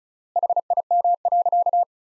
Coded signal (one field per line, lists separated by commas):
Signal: Morse code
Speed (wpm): 36 wpm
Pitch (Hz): 700 Hz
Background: none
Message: HIM.